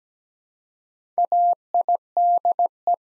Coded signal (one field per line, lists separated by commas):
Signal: Morse code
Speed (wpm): 17 wpm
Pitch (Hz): 700 Hz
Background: none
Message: AIDE